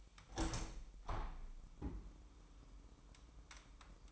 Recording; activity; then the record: daily activity, microphone in the room; open window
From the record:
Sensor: 1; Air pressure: 998.6 hPa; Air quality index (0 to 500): 128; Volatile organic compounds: 4 ppm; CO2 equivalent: 1540 ppm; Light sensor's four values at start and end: 8/20/8/10 and 9/21/9/10